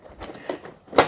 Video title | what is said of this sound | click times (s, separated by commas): Dreame D10 Plus Robot Vacuum & Mop with Self-Empty Base UNBOXING & SET UP | and a click on both sides | 0.5 s, 1.0 s